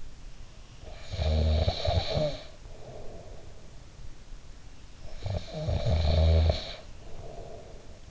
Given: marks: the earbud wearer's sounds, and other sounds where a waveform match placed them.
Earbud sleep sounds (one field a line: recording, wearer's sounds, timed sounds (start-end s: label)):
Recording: sounds in sleep by an in-ear microphone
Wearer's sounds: snoring breath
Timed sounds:
0.70-3.79 s: snoring breath
4.99-8.11 s: snoring breath